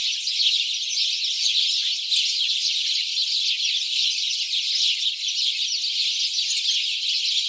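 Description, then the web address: House sparrows in full chorus, rapid overlapping chirps forming a constant chatter with small loudness peaks early on. "SETE Passer domesticus"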